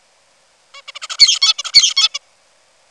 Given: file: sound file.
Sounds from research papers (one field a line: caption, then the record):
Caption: Tutor song (bird #7).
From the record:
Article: Common Features of Neural Activity during Singing and Sleep Periods in a Basal Ganglia Nucleus Critical for Vocal Learning in a Juvenile Songbird